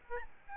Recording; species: mosquito wingbeat signal from an infrared sensor; Aedes albopictus